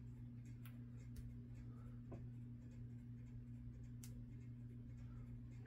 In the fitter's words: Okay, once it snaps into place and it's straight and level, hopefully